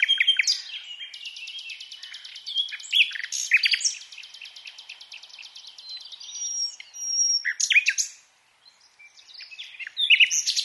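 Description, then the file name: Common nightingale song: varied phrases of rapid repeated notes, a long even trill from about one to seven seconds, sharp chirps and a pure whistled note. "Luscinia megarhynchos"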